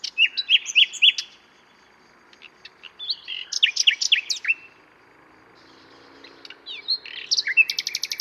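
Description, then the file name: Common nightingale singing rich, varied phrases with sweeping whistled notes, fast rattling trills and a pause midway before a bright repeated burst. "Luscinia megarhynchos"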